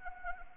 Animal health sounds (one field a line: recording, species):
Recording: mosquito wingbeat signal from an infrared sensor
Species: Anopheles arabiensis